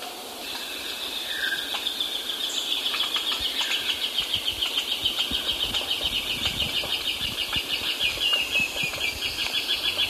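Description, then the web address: Long-tailed woodcreeper song: a long, fast run of high, evenly pulsed notes, several each second, steady against a hissy background. Ecuador. "Birds of Ecuador. Long-tailed Woodcreeper"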